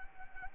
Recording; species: mosquito wingbeat signal from an infrared sensor; Anopheles arabiensis